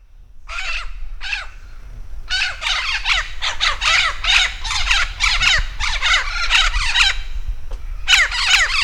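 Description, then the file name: Vinaceous-breasted amazon calling in a fast series of harsh, rasping squawks, nearly continuous for several seconds after two opening notes. Recorded at Campos do Jordão, São Paulo, Brazil, on 3 December 2009. "Amazona-vinacea-PECampos-do-Jord-SP-3-12-09-ASilveira"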